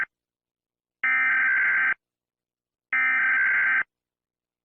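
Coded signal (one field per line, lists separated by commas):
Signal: Emergency Alert System (SAME) tones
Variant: header bursts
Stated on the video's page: Fictional Emergency Alert System scenario about the earth falling into the sun.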